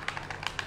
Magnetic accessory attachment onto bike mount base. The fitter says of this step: once you just put it together it snaps into place really well as you can see it's really attached and it'll